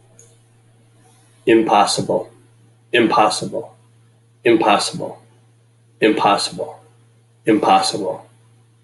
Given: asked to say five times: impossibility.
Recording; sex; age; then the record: repeated word; male; 40 to 49 years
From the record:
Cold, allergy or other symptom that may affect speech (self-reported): no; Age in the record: 45 years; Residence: Michigan, United States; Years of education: 16